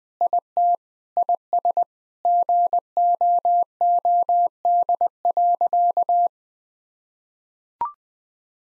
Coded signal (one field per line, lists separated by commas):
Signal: Morse code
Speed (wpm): 20 wpm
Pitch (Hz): 700 Hz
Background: none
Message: IT IS GOOD.